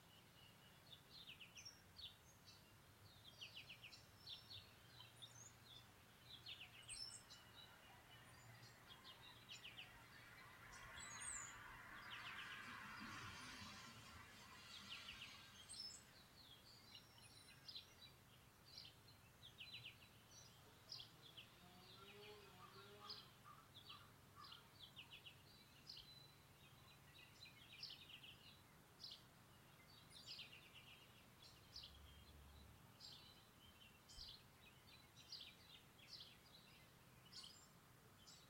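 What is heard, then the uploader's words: Birds chirp and tweet almost constantly in short, bright calls, with a soft hiss of rain and a steady low rumble underneath. Around ten to fifteen seconds a broader rushing swell rises and fades, and a brief low thud comes near thirty-two seconds. Birds and Rain, sounds of Nature.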